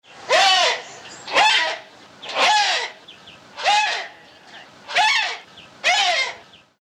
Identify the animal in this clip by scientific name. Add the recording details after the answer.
Buceros hydrocorax. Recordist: Tembrock, Günter. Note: Rufe